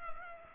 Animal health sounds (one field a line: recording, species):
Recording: mosquito wingbeat signal from an infrared sensor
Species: Culex pipiens